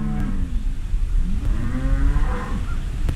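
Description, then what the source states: Cattle lowing, a few low moos over a rumbling, noisy background. Cattle on a ranch during a veterinarian's visit checking the herd for pregnancy.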